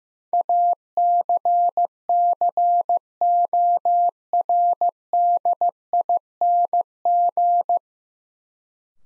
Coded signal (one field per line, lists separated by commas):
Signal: Morse code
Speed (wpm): 15 wpm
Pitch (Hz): 700 Hz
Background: none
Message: ACCORDING